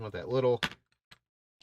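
Someone talks while an internal part is pushed into a paintball marker body during reassembly of the ram and bolt setup, after the snap ring was adjusted to be a touch tighter. Faint handling taps follow at about 1.1 s and 1.6 s. Nothing has seated or clicked into place yet.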